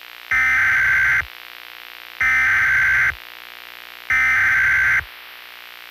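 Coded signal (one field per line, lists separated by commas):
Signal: Emergency Alert System (SAME) tones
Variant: header bursts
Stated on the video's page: Fictional mock EAS alert, analog horror style.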